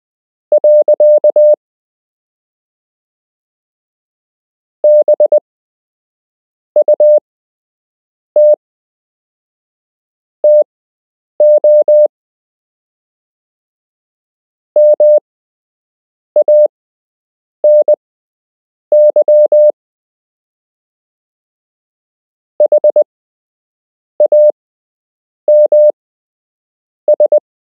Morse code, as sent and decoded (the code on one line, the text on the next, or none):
.-.-.- / -... ..- - / - --- / -- .- -. -.-- / .... .- -- ...
. BUT TO MANY HAMS